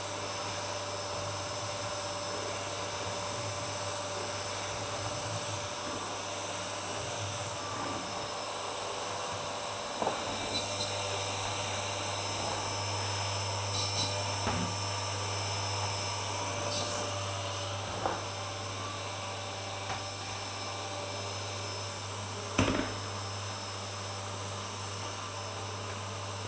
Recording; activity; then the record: daily activity, microphone in the room; vacuum cleaning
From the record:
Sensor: 2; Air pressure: 1007.5 hPa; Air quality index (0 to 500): 32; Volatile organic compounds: 1 ppm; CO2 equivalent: 520 ppm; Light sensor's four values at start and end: 7/17/7/7 and 7/17/7/7